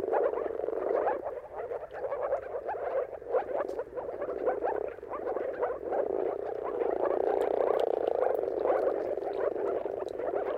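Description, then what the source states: Continuous moor frog mating chorus, many hollow bubbling calls blending together, with faint high ticks. Mating calls of moor frogs at sunrise, at the turn of March and April, timing depending on weather.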